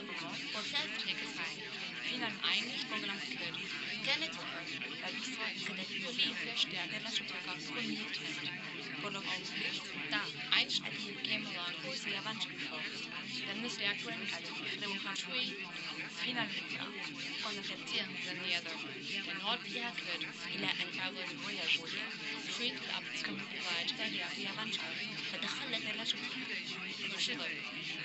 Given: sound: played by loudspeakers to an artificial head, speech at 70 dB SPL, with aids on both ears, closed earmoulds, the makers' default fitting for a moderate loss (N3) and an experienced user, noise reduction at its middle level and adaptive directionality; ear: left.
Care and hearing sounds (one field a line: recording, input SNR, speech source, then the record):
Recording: speech test signal (ISTS) in cocktail-party noise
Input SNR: -6 dB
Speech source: in front (0 degrees)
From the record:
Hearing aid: class 1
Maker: D